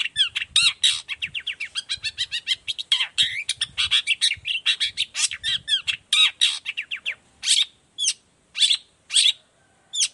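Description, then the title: Long-tailed shrike song: a long, rapid stream of chattering, squeaky notes that slows into spaced single harsh calls near the end. Energetic morning song with varied 'toet toet' notes, played as a lure to prompt other long-tailed shrikes of any type to reply and open their beaks. "Cendet Gacor Dor Di Kala Pagi Toet Toet Variasi Suara. Cendet Gacor Efektif Pancingan Buat Cendet Jenis Apapun Agar Cepat Nyaut Buka Paruh"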